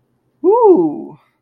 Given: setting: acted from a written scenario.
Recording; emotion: vocal sound without words; realization